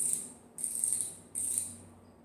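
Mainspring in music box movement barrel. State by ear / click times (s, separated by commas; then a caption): not seated / none. After being pulled out further, the metal mainspring inside the barrel of an antique music box movement is worked again to make it catch, producing bursts of bright, high-pitched metallic rattling that start around 0.6 s and 1.4 s and fade away. The spring still fails to latch, and nothing has seated or clicked yet.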